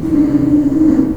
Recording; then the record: squeal of a Yucatan mini pig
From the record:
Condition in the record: after surgery on the right vocal fold (resection and tissue-engineered implant); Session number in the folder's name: 4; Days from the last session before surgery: 42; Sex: male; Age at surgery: 12 weeks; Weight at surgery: 13 kg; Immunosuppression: cyclosporine, prednisolone